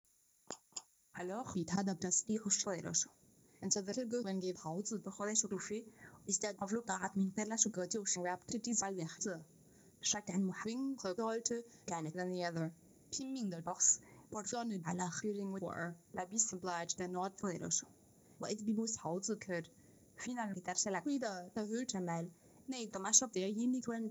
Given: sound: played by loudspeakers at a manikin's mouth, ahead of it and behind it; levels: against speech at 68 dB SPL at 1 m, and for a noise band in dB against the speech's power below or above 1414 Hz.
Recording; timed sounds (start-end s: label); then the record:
test signals for a remote microphone
0.50 s: click
0.75 s: click
1.13-24.11 s: speech test signal (ISTS)
From the record:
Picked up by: remote microphone A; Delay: 47 ms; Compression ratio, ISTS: 4.90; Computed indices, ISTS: SII 0.993, HASPI 0.999, HASQI 0.497 (non-linear 0.574, linear 0.866), ESTOI 0.858